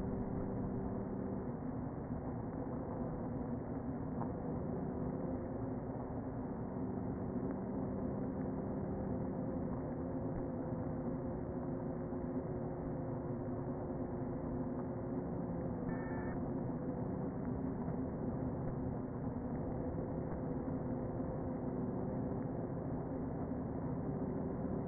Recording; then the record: honeybee colony, microphone inside the hive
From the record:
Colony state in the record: queen present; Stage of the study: before two queens were removed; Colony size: about 60,000 bees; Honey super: yes